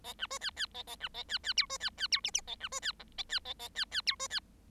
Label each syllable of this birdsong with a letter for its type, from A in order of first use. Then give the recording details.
A B C D D A A B A D D E C D D E F F A B C D G A D A A D D E C D. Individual Bird7